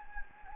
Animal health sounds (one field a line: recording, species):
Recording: mosquito wingbeat signal from an infrared sensor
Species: Anopheles gambiae